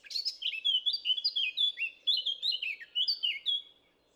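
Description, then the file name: Eurasian blackcap song, a rapid, continuous warble of bright fluty notes rising and falling, ending abruptly after about three and a half seconds. "Sylvia atricapilla"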